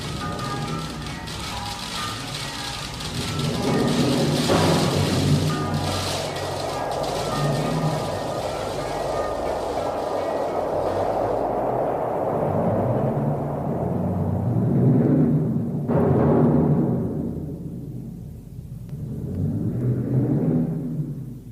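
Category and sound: nature, hailstorm with thunder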